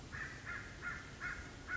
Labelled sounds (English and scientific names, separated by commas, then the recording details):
American Crow (Corvus brachyrhynchos)
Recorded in Sonoma County, California